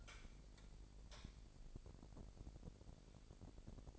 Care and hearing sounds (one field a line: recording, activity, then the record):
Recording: daily activity, microphone in the room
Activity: light on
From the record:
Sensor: 5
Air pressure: 1012.1 hPa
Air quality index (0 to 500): 247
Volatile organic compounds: 4 ppm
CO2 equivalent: 1678 ppm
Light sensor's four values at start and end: 38/88/37/39 and 39/93/38/41